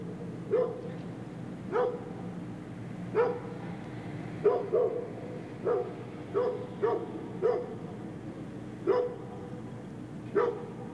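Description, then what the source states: Dog with single barks repeated many times, roughly once a second, at uneven intervals. Big dog barking, three variants.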